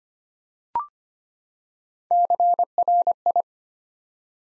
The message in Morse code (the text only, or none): CRI